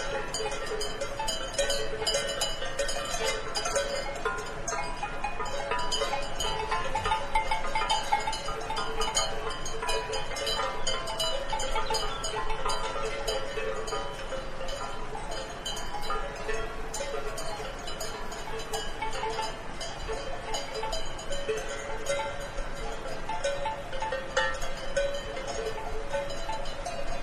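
Cowbells clank continuously in an alpine pasture, many bells overlapping in a dense, bright, irregular jangle at steady loudness.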